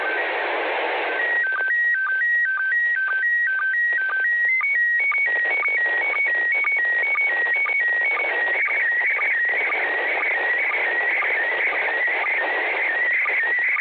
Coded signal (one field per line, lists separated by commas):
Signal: SSTV (slow-scan television)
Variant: PD 120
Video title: Réception d'une image SSTV de l'ISS avec un Baofeng UV-5R le 01/12.2021